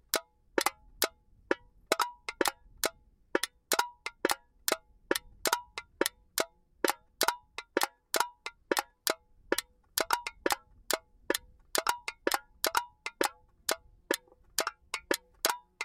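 Empty aluminum cans are handled in a rapid, uneven series of sharp metallic clinks and taps with a hollow ring, with brief pauses throughout.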